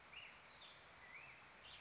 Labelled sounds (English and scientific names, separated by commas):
Black-headed Grosbeak (Pheucticus melanocephalus)